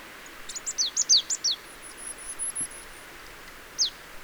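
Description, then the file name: Marsh tit calls, a fast string of sharp high notes each sliding downward, then one more falling note after a pause; a thin high whistle runs faintly behind. "Poecile palustris"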